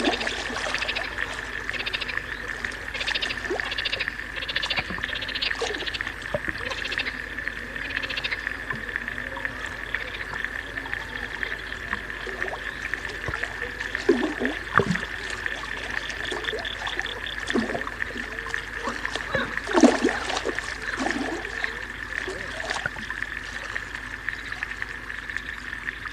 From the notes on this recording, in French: un cheminement sonore à travers des paysages aquatiques terrestres et souterrains